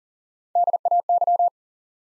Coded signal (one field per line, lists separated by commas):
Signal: Morse code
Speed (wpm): 40 wpm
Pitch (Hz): 700 Hz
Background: none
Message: DAY